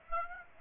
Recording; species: mosquito wingbeat signal from an infrared sensor; Aedes aegypti